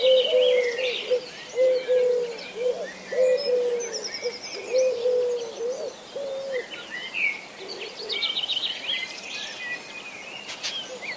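Eurasian collared dove cooing repeatedly through the first half or so, with other birds chirping and twittering high above throughout and continuing after the coos stop.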